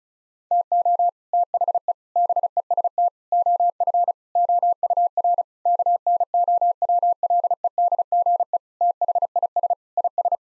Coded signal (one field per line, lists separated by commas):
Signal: Morse code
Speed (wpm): 36 wpm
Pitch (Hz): 700 Hz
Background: none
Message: TO THE BEST OF OUR KNOWLEDGE THIS IS